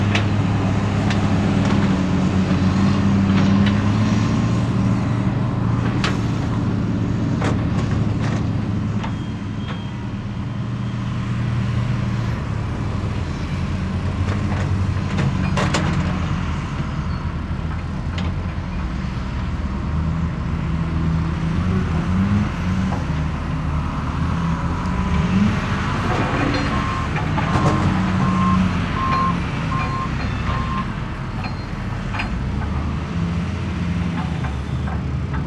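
Construction site noise dominated by a heavy diesel engine idling and revving, with a steady low rumble throughout. Sharp clanks and knocks break in every few seconds, and a faint high beeping tone appears around the 25–30 second mark.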